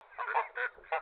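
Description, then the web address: Goose giving a few harsh, nasal honks in quick succession. "Daddy Chronic soundarchiv entry 15 goose"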